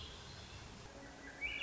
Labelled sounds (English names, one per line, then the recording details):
Swainson's Thrush
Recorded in Sonoma County, California